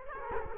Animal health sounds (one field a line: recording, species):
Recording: mosquito wingbeat signal from an infrared sensor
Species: Culex quinquefasciatus